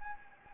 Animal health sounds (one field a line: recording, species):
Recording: mosquito wingbeat signal from an infrared sensor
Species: Anopheles gambiae